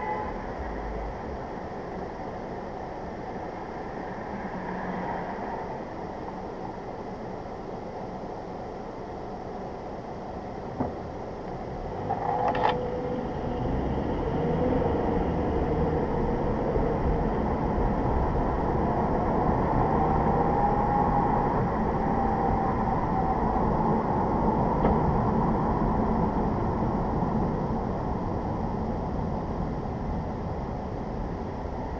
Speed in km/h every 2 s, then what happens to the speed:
0, 0, 0, 0, 0, 0, 5, 18, 39, 44, 53, 53, 50, 44, 32, 21.
0-11 standing. 11-20 pulls away to 53. 20-32 slows to 21.